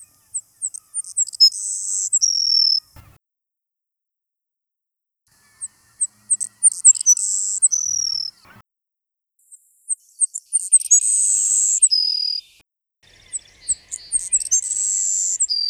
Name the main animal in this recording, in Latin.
Passerculus sandwichensis